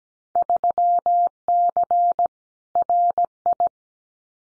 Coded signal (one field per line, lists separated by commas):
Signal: Morse code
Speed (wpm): 17 wpm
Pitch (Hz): 700 Hz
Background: none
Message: 3C RI